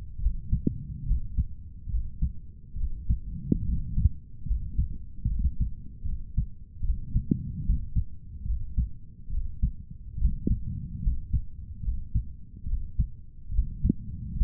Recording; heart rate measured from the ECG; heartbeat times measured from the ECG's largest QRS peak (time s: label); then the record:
heart sounds by stethoscope; 72 bpm
0.21 s: heartbeat
1.08 s: heartbeat
1.91 s: heartbeat
2.78 s: heartbeat
3.66 s: heartbeat
4.47 s: heartbeat
5.29 s: heartbeat
6.06 s: heartbeat
6.84 s: heartbeat
7.66 s: heartbeat
8.47 s: heartbeat
9.32 s: heartbeat
10.20 s: heartbeat
11.04 s: heartbeat
11.85 s: heartbeat
12.68 s: heartbeat
13.53 s: heartbeat
14.38 s: heartbeat
From the record:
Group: healthy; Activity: rest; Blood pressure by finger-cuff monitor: 141/87 mmHg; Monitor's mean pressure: 101 mmHg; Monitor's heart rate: 71 bpm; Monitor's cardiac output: 7.8 L/min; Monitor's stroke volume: 109 mL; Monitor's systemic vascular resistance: 950 dyn s/cm5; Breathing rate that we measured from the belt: 18 breaths a minute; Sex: male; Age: 30 years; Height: 188 cm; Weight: 110.2 kg